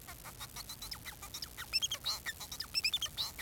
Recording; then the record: song of a male Bengalese finch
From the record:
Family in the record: son of father 4